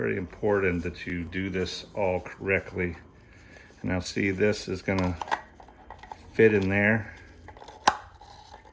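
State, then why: Seated. A paper cartridge oil filter element is pushed onto the plastic oil filter housing cap of a Jeep Grand Cherokee 3.6L V6 engine during an oil change. Someone talks, then a few faint handling taps follow. At 7.9 s a sharp snap is heard as the cartridge seats into the housing cap.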